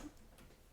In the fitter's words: so it locks in place.